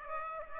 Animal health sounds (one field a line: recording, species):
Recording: mosquito wingbeat signal from an infrared sensor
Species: Aedes aegypti